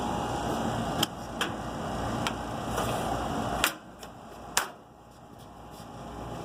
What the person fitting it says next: Boy, these things really snap in place, don't they? You can hear them snap.